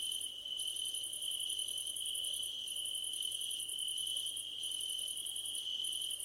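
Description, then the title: Crickets chirping together: an unbroken shrill trill beneath higher pulsed bursts that mostly run for a second or more before short breaks. Crickets calling at night under a starlit sky. "Nighttime Ambience with Crickets 🌃"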